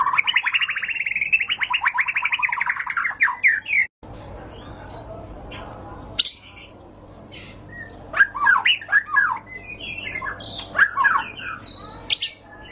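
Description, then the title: White-rumped shama song opens with a rapid buzzy trill, then breaks into sparse, sharp whistled notes and short slurred phrases over a low constant hum. High-class song used as a lure (pancingan) and as tutor material (masteran) for training caged birds. "Pancingan Murai Batu Berkelas Banyak Di Cari Buat Masteran"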